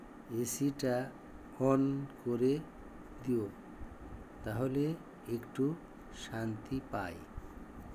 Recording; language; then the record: elicited speech; Bengali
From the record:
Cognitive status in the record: dementia